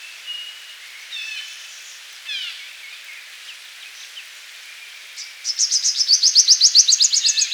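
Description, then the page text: Purple sunbird song: soft thin slurred notes and short twitters, ending in a loud, rapid, buzzy rattle of repeated high notes lasting about two seconds. "Purple Sunbird Song. Quick Sounds library"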